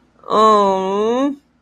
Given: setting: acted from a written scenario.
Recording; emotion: vocal sound without words; shame